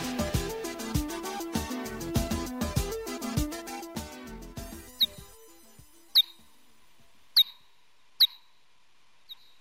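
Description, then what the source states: Bat calls: after a passage of music, a few sharp downward-sweeping chirps ring out singly, about a second apart. Played back; ultrasonic vocalizations that humans normally cannot hear.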